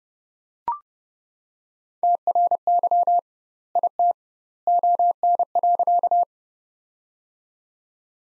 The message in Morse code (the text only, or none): TRY IT ON.